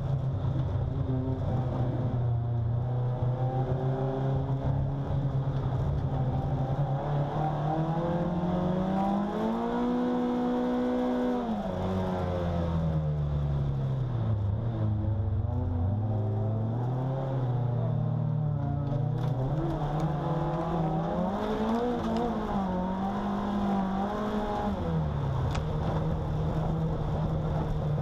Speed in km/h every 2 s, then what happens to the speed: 52, 49, 53, 56, 75, 81, 56, 39, 47, 56, 74, 86, 81, 67.
0-5 steady at about 52. 5-10 speeds up to 81. 10-15 brakes to 39. 15-22 speeds up to 86. 23-28 brakes to 67.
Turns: 0-10, 10-18.